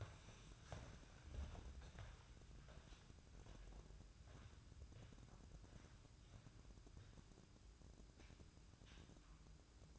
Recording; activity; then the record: daily activity, microphone in the room; walk to room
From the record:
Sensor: 2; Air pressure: 1008.1 hPa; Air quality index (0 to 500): 116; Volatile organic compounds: 1 ppm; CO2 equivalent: 863 ppm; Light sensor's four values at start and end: 6/13/5/5 and 8/19/8/8